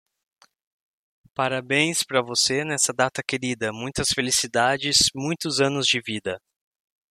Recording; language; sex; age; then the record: short text; Brazilian Portuguese; male; 30 to 39 years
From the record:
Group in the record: control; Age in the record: 36 years